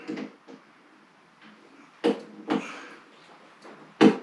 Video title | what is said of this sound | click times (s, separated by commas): Mounting and sighting in a TruGlo Gobble Stopper on a Benelli Super Black Eagle 2 | each screw and you simply turn it until it clicks did you hear that little | 4.0 s